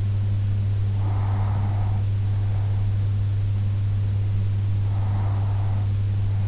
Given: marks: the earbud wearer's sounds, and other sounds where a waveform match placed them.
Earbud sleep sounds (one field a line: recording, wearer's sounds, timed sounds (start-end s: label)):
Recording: sounds in sleep by an in-ear microphone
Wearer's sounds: breath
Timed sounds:
0.48-2.48 s: breath
4.48-6.48 s: breath